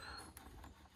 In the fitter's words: You should kind of hear it kind of click and groan, and then you should be able to just pop that off.